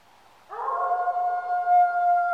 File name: grey wolf adult male algonquin provincial park canada tom cosburn